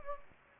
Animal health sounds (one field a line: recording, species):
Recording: mosquito wingbeat signal from an infrared sensor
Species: Anopheles gambiae